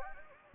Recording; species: mosquito wingbeat signal from an infrared sensor; Anopheles gambiae